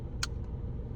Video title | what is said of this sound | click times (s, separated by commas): CARLUEX PRO+: Unleash the Power of Wireless Connectivity in Your Car! | ion until you hear a click and then we're going to connect the other side to the car system | 0.2 s